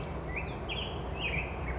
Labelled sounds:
California Towhee
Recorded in Sonoma County, California

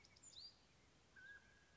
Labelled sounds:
Mountain Quail
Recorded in Sonoma County, California

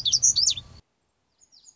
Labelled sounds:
Lazuli Bunting
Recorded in Sonoma County, California

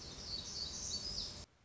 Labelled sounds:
Black-throated Gray Warbler
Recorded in Sonoma County, California

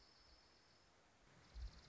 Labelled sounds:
Dark-eyed Junco
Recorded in Sonoma County, California

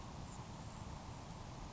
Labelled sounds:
Grasshopper Sparrow
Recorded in Sonoma County, California

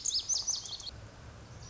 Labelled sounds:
Lazuli Bunting
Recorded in Sonoma County, California

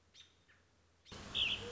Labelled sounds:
American Robin
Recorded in Sonoma County, California

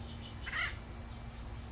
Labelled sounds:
Acorn Woodpecker
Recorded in Sonoma County, California

